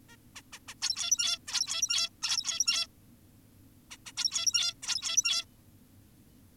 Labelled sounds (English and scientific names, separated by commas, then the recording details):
Zebra Finch (Taeniopygia guttata)
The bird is an adult
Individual g17y2U